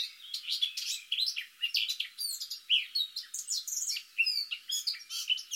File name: Sylvia atricapilla